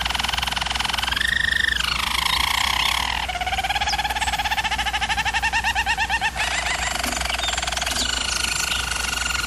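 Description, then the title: German Roller canary song: a high buzzy roll dropping to a lower pulsing trill, then alternating deep and high rolling tours without pause. German Roller canary singing, for canary training. "German Roller Canary Singing - Canary Training Vid"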